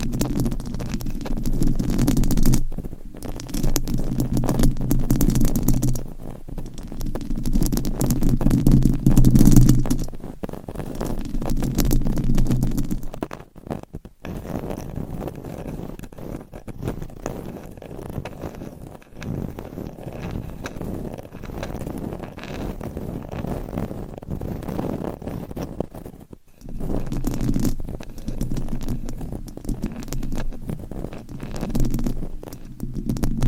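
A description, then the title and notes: Scratching and rubbing against a microphone, a dense, crackling rasp with a heavy low rumble underneath. The scratching comes in long stretches separated by brief silent gaps near 3, 14 and 26 seconds, louder and boomier in the opening ten seconds and near the end. ASMR Mic Scratching - Brain Scratching with 4 Mics Hypnotic Asmr No Talking.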